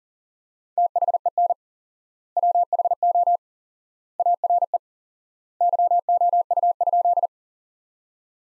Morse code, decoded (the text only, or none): THEN WHO ARE YOU?